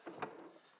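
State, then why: Seated. The small hook on the plastic side of a bottom-mount Jenn-Air, Whirlpool or KitchenAid refrigerator freezer drawer is slid into its slot on the drawer rail during reinstallation. A soft sliding rustle is followed by a short, sharp click at 0.2 s. The hook pops into the slot and the drawer is back in place.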